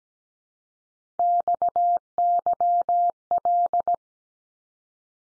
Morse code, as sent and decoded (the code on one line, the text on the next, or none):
-..- -.-- .-..
XYL